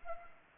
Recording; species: mosquito wingbeat signal from an infrared sensor; Anopheles arabiensis